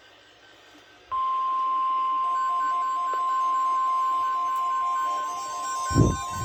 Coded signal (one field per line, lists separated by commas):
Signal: Emergency Alert System (SAME) tones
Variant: 1050 Hz attention tone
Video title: Tornado Watch 154 On WXJ75 & KXI46 (EAS #2,539-2,540)